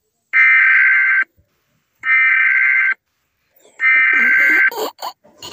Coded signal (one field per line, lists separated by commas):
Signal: Emergency Alert System (SAME) tones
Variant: header bursts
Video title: ☢rating eas alarm season 2 part 4☢🌹spring special🌺